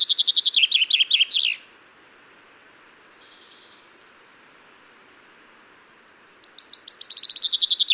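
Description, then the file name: Common chaffinch song: a fast run of high notes dropping in pitch and ending in a flourish, with a pause and then another phrase. "Fringilla coelebs"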